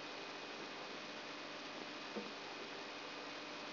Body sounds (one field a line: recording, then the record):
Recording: brain microelectrode recording played as sound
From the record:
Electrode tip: outside the subthalamic nucleus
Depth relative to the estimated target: -6 mm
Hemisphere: right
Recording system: AlphaMap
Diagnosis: Parkinson's disease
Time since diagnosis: 11 years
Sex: female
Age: 62 years